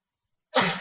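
After a moment of silence, one person lets out a single sudden, loud sneeze, a harsh, breathy burst that bursts in abruptly and stays strong to the end.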